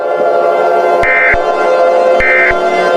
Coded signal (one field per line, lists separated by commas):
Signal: Emergency Alert System (SAME) tones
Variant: end-of-message bursts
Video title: EAS Scenario Special: Cosmetic Fusion #birthdaygiftforzink